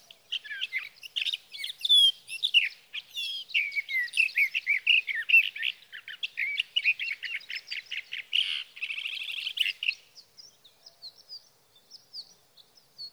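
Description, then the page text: Sage thrasher song: a long stream of warbling, buzzy phrases for about ten seconds, then fading to a few faint scattered notes. Male singing through the night near his night roost, evening of June 12 to morning of June 15, 2018, Sierra Valley, California; recorded with a Swift recorder. "61. Sage thrasher songs, through the night."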